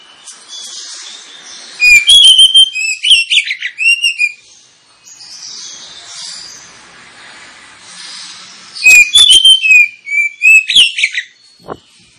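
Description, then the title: Oriental magpie-robin song in two strong bouts of rich whistled phrases mixed with sharp clicks, separated by a lull of soft background chattering. Kacer lure recording intended to provoke kacer birds into fighting song; singing described as ngotot, full tembakan, ngeplong and gacor. "Kacer Langsung Tarung Konslet KACER NGOTOT FULL TEMBAKAN. Kacer dimana SAJA Bakalan NGEPLONG GACOR dengan Pancingan Kacer ini"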